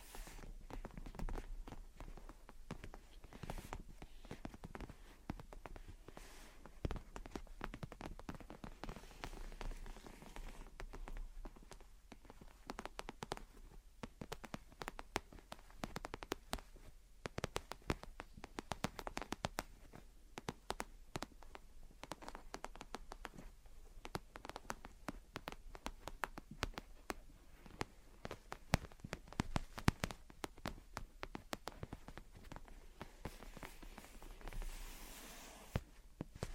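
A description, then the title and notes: Gentle tapping and scratching runs throughout, a dense stream of small, irregular clicks and taps with soft scraping between them. The level stays fairly even from start to end, with a few sharper taps standing out, and a low steady hum underneath. Gentle Tapping and Scratching. (No Talking).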